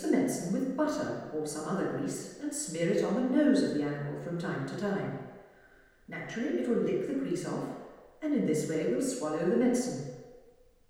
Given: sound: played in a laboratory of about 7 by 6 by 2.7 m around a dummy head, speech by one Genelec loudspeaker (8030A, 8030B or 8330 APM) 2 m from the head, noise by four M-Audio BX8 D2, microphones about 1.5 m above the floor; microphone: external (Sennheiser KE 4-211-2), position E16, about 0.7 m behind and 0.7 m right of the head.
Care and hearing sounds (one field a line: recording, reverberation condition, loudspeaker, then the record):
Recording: female speech in English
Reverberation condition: high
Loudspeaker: 90 degrees to the left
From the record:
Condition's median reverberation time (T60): about 1300 ms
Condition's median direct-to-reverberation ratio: about -4.0 dB